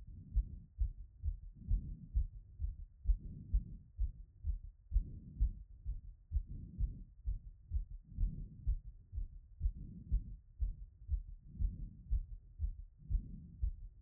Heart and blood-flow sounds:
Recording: heart sounds by stethoscope after running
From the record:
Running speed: 6 mph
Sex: female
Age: 30 to 39 years

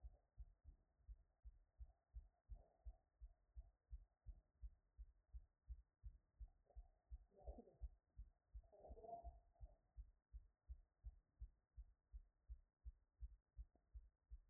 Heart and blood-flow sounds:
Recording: heart sounds by stethoscope after running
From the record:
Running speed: 8 mph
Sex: female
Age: 50 to 59 years

